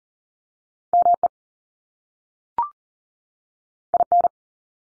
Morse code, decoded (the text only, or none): ME IN